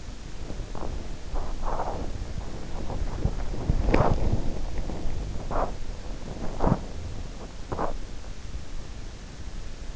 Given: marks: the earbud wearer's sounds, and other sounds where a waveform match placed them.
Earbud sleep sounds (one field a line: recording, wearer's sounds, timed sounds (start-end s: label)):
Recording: sounds in sleep by an in-ear microphone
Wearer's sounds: body movement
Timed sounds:
0.00-8.45 s: body movement